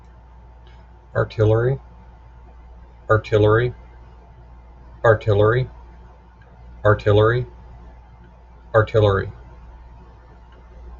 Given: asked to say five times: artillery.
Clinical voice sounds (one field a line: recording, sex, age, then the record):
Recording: repeated word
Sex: male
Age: 30 to 39 years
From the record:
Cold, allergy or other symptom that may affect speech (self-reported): no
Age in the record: 38 years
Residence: Oregon, United States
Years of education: 9